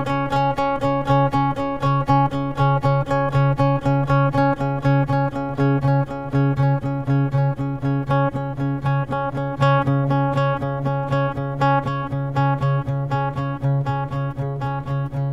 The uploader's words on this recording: It's about the harmonics and rhythm patterns that come from random variances in me playing D on my guitar over and over again for twelve minutes.